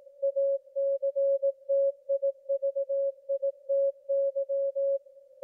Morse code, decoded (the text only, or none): ACTIVITY